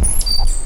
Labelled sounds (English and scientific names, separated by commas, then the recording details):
Stitchbird (Notiomystis cincta) song
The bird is a male
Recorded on Tiritiri Matangi Island, New Zealand, in 2005
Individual 1, of nest box 1